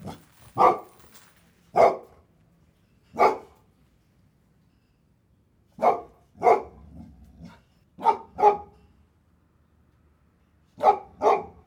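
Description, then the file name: Dog giving short, harsh barks, often in quick pairs, with irregular gaps. Chained dog. "chained dog barking"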